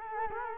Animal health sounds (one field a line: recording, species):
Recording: mosquito wingbeat signal from an infrared sensor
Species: Culex quinquefasciatus